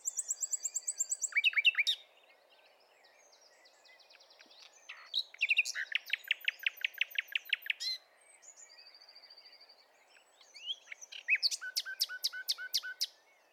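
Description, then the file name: Common nightingale singing several phrases: rapid repeated ticking notes, pauses, dense chattering rattles and a final quick series of sharp downslurred notes, with steady low hiss. "Luscinia megarhynchos"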